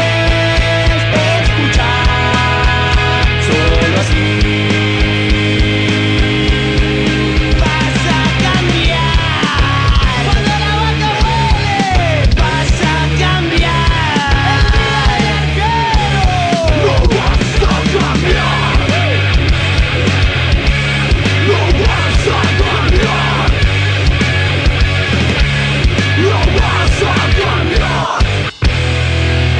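A song plays loudly and continuously on a radio show, with a sung melody gliding over a steady, stepping bassline and full band accompaniment, cut off by a sharp click just before the end.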